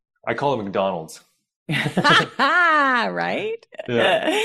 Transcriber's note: laughs